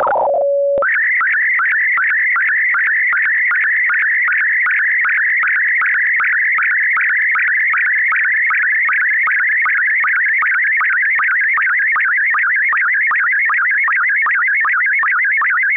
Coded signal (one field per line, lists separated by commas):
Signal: SSTV (slow-scan television)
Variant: PD 50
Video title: Daily Minutes DATA - Use Fldigi - Set RxID on